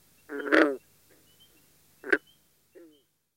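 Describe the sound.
Green frog giving a short harmonic croak, then a brief sharp note and a fainter short call, separated by quiet pauses.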